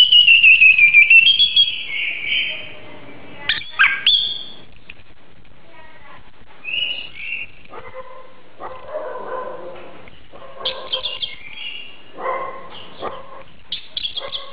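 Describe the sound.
Oriental magpie-robin song opening with a loud descending whistled phrase, followed by scattered shorter chirps and softer warbled notes with pauses between.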